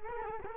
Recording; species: mosquito wingbeat signal from an infrared sensor; Culex quinquefasciatus